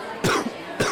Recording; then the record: coughing mixed with background sound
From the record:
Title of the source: Coughing 46